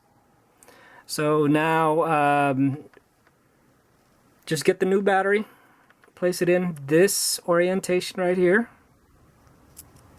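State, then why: Not seated. A new CR2032 coin cell battery is placed in a set orientation into the holder of a Volkswagen flip key keyless remote while someone talks. Faint handling ticks are heard at about 0.6 s, 3.3 s and 9.8 s. Nothing has seated or clicked yet.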